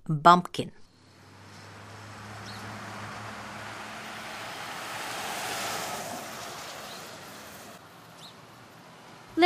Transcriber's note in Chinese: Car driving on country road